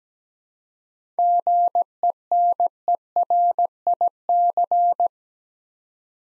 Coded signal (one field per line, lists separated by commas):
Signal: Morse code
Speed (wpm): 17 wpm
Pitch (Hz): 700 Hz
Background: none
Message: GENERIC